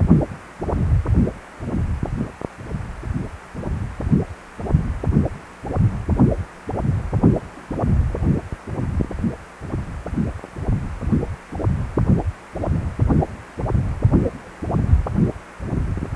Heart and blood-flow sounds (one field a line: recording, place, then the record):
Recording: Doppler ultrasound of blood flow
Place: precordium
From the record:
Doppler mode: continuous wave and pulsed wave in the uncut recording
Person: healthy adult, 18 to 50 years, no heart murmur, not diving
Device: 2.5 MHz transducer